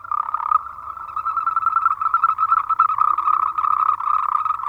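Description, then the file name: Moltrecht's green treefrog giving a fast, rattling run of croaks on a steady mid pitch, with a faint low rumble beneath. "Rhacophorus moltrechti"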